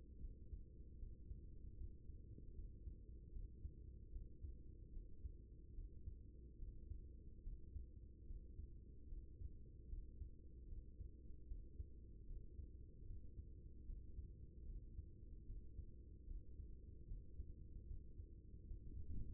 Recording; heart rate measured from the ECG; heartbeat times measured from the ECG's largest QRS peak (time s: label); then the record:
heart sounds by stethoscope; 75 bpm
0.20 s: heartbeat
0.98 s: heartbeat
1.77 s: heartbeat
2.54 s: heartbeat
3.32 s: heartbeat
4.11 s: heartbeat
4.92 s: heartbeat
5.74 s: heartbeat
6.58 s: heartbeat
7.42 s: heartbeat
8.26 s: heartbeat
9.08 s: heartbeat
9.88 s: heartbeat
10.68 s: heartbeat
11.47 s: heartbeat
12.26 s: heartbeat
13.06 s: heartbeat
13.85 s: heartbeat
14.65 s: heartbeat
15.46 s: heartbeat
16.26 s: heartbeat
17.07 s: heartbeat
17.86 s: heartbeat
18.67 s: heartbeat
From the record:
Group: healthy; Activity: Valsalva maneuver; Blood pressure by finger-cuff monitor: 119/78 mmHg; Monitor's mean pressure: 91 mmHg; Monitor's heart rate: 75 bpm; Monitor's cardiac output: 5.4 L/min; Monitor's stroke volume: 71 mL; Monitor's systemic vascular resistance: 1240 dyn s/cm5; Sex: female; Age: 24 years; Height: 163 cm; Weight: 55.7 kg